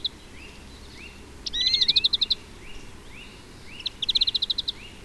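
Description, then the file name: Two fast trilled greenfinch bursts stand out, while soft rising chirps repeat steadily in the background throughout. "Chloris chloris"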